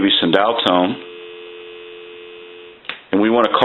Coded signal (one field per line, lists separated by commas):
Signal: telephone call progress tone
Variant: North America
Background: speech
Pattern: dial tone